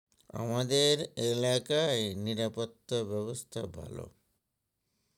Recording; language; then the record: elicited speech; Bengali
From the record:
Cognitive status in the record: dementia